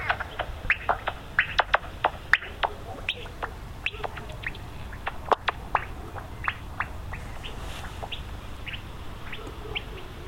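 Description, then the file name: Common noctule echolocation rendered as sharp clicks through a detector, coming in uneven bursts, sometimes quick pairs, against constant background hiss. Recorded with a bat detector. "Nyctalus Noctula Detektor And Visual"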